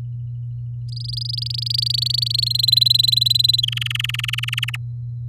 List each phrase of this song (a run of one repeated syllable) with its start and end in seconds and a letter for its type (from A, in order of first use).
0.89-2.44 A, 2.46-3.61 B, 3.63-4.76 C